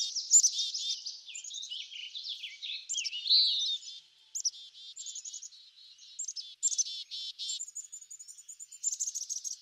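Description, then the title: Several birds singing: overlapping high trills and chirps, then a run of repeated short notes and rapid twittering. Backyard. "Backyard Birds - Ambient Nature Bird Sounds"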